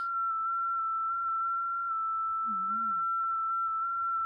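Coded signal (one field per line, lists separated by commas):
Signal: FT8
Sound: a single steady whistle-like tone near 1.3 kHz, with tiny pitch steps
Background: brief low hum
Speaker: power looks about 3 and 1/2 Watts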